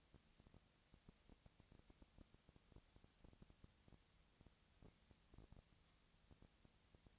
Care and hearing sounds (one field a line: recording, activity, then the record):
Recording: daily activity, microphone in the room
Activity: no activity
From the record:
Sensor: 3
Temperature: 20.4 degrees Celsius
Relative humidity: 34.4%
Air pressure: 997.1 hPa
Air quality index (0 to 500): 205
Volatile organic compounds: 68 ppm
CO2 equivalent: 3500 ppm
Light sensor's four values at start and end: 2/3/2/2 and 2/3/2/2